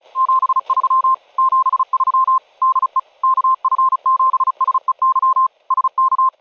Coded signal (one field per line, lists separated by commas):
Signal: Morse code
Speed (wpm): 36 wpm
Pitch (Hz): 1050 Hz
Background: none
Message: 73 73 DE KF7SEY SK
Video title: Programming Icom's IC-705 the easy way!